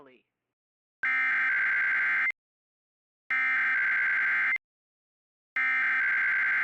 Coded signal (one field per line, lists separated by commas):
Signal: Emergency Alert System (SAME) tones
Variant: header bursts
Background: speech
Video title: IP - REQUIRED WEEKLY TEST - NO EAS